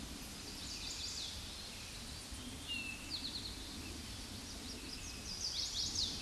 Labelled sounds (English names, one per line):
Eastern Towhee song